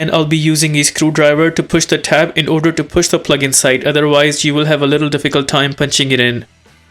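The main wiring harness plug is being lined up to go into the socket of a new tail light assembly for a 2020-2025 Nissan Versa, with a screwdriver used to push on the tab. Someone talks over background music, and the sound drops to near silence at about 6.5 seconds. Nothing has seated or clicked yet.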